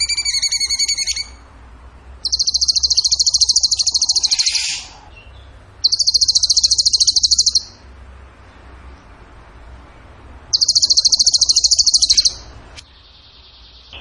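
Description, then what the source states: Bird song: an opening harmonic rattling phrase, then three rapid, high, buzzy trills of about two seconds each, separated by pauses. Masteran training recording; tembakan gacor song style.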